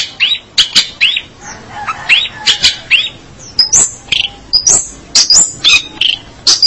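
Long-tailed shrike singing a varied, scratchy medley of short rising and falling chirps and high whistled slurs, irregularly spaced.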